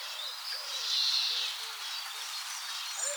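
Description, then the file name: European greenfinch giving a drawn-out nasal wheeze over steady background hiss. "Chloris chloris"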